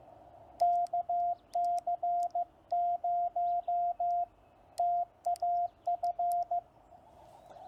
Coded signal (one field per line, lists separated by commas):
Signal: Morse code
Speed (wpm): 15 wpm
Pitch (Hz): 700 Hz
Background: radio noise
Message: KC0TAF